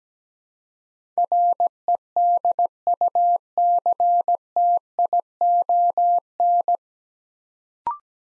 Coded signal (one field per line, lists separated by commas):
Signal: Morse code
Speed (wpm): 17 wpm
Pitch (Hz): 700 Hz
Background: none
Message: REDUCTION